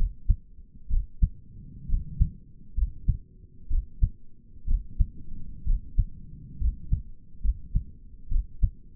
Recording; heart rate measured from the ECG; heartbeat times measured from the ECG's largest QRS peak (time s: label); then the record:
heart sounds by stethoscope; 65 bpm
0.90 s: heartbeat
1.89 s: heartbeat
2.77 s: heartbeat
3.70 s: heartbeat
4.68 s: heartbeat
5.67 s: heartbeat
6.61 s: heartbeat
7.44 s: heartbeat
8.31 s: heartbeat
From the record:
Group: healthy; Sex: male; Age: 22 years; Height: 181 cm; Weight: 79 kg